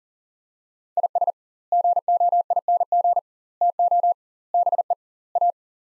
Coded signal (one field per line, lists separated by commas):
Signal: Morse code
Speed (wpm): 40 wpm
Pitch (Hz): 700 Hz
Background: none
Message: IS GOING TO BE A